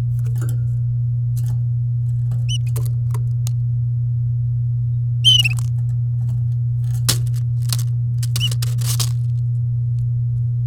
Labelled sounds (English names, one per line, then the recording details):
Domestic Canary song
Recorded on 8 May 2018 at 09:14
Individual llb16